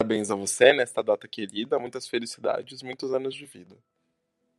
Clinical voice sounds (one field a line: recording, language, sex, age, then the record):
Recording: short text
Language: Brazilian Portuguese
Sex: male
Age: 20 to 29 years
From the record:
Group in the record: control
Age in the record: 25 years